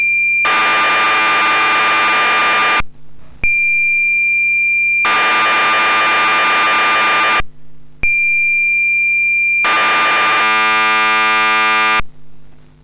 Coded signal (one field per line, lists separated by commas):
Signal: cassette data (Kansas City type)